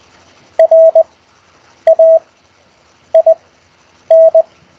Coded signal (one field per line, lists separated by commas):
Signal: Morse code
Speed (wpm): 20 wpm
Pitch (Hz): 650 Hz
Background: none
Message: RAIN